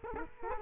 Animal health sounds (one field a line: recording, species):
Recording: mosquito wingbeat signal from an infrared sensor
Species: Culex quinquefasciatus